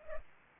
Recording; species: mosquito wingbeat signal from an infrared sensor; Culex pipiens